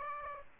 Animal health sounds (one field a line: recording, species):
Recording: mosquito wingbeat signal from an infrared sensor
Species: Aedes aegypti